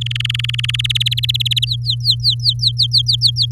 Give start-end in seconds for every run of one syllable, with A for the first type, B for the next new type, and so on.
0.01-0.81 A, 0.84-1.65 B, 1.67-3.02 C, 3.06-3.46 D